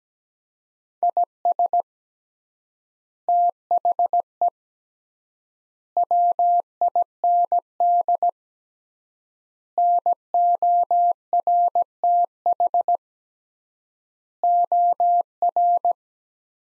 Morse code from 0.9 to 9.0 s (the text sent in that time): IS THE WIND